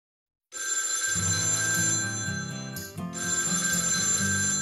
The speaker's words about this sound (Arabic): أوه، إنه الهاتف، علي الذهاب الآن يا أصدقاء، فأنا أنتظر مكالمة بالغة الأهمية، سأخبركم عنها لاحقا.